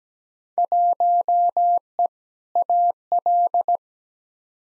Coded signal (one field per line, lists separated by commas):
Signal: Morse code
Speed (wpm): 17 wpm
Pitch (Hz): 700 Hz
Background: none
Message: 1E AL